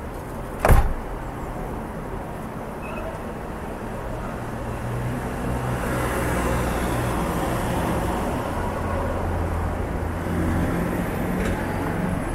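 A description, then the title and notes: City traffic rumbles steadily with low engine drones, swelling slightly midway, and a sharp knock near the start, then a faint click later. City ambience sounds.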